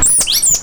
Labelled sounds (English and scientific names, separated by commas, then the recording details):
Stitchbird (Notiomystis cincta) song
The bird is a male
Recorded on Tiritiri Matangi Island, New Zealand, in 2005
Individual 9, of nest box 11